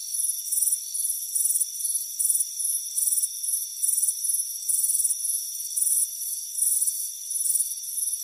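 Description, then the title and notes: Rhythmic cricket chirping, bright and high, repeating in even bursts, while a faint constant ringing tone holds beneath the chorus. Crickets chirping on a warm afternoon, heard from a hammock on a front porch. "Soothing Crickets Chirping Sound. It's a warm afternoon as you relax in a hammock on the front porch. Relax and fall asleep to the soothing sound of chirping crickets. Deep Sleep Sounds"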